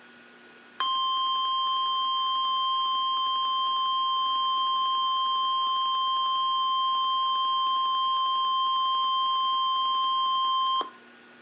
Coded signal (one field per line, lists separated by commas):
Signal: Emergency Alert System (SAME) tones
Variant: 1050 Hz attention tone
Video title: Tornado Watch (EAS#12)